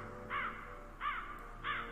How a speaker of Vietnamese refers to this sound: Từ trên mái nhà vang lên tiếng của con quạ đang lạc bầy, bay vọt lên trên.